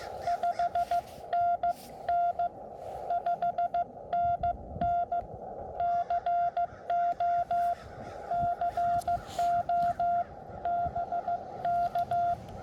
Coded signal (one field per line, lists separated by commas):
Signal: Morse code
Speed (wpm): 15 wpm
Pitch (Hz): 700 Hz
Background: none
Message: 5NN 5NN CO CO BK